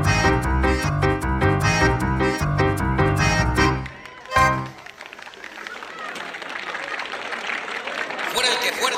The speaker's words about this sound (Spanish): El aplauso para los chicos …